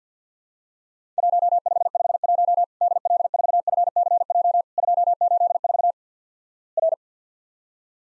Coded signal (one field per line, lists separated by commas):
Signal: Morse code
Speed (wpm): 50 wpm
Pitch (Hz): 700 Hz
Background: none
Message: 1551 DL4FCJ 284 R